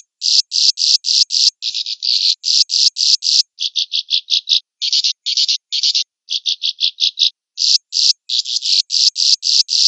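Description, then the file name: Swiftlet calls, a steady stream of rasping chirps in bursts of several, some longer and some clipped and rapid, continuing for ten seconds with no other sounds. "suara burung walet"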